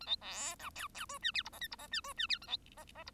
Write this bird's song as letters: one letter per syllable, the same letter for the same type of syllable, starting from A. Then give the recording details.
A B C D E E F G H I J K I J G F G H A B J J I. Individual Bird1